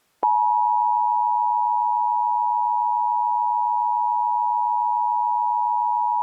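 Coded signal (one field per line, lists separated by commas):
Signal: Emergency Alert System (SAME) tones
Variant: 853 and 960 Hz attention tone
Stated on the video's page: Fictional EAS scenario portraying the film's events, with alerts modeled on 2004-era products.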